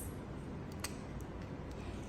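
The flanges on the shaft of a RUMI 2 uterine manipulator are pushed up against a steady low hiss, and a short, sharp click sounds at 0.9 s, with a few faint ticks after it. The flanges click into place, seated with their white ends overlapping the metal.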